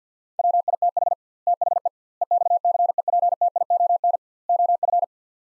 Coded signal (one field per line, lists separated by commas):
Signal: Morse code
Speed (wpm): 50 wpm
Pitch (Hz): 700 Hz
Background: none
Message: WITH THE EXCEPTION OF